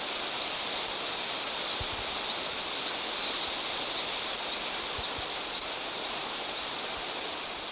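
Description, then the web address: Lanceolated monklet calling: a series of twelve thin, high, upslurred whistles, each rising then briefly falling, repeated steadily about every 0.6 seconds over a soft hiss of background noise. Recorded in the eastern lowlands of South America. "Natures Songs S America Eastern Lowlands. Lanceolated Monklet"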